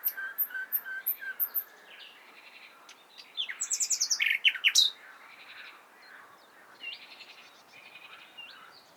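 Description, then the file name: Common nightingale singing: a series of evenly spaced, falling whistled notes, then a rapid, loud rattling trill of repeated notes, followed by softer varied phrases. "Luscinia megarhynchos"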